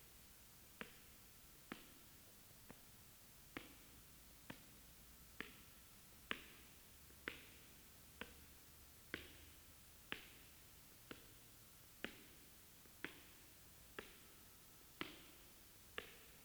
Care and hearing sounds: daily activity, guitar pickup as the sensor; walk

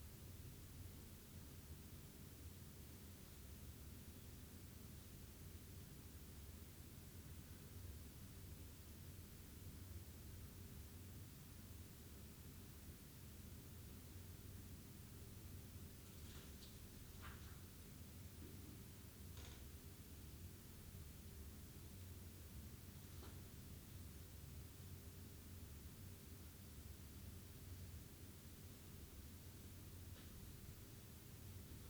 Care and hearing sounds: daily activity, guitar pickup as the sensor; stand

